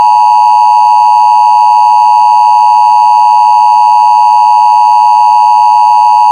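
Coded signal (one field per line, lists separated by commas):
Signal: Emergency Alert System (SAME) tones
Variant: 853 and 960 Hz attention tone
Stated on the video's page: Child abduction emergency alert carried on a cable provider's system.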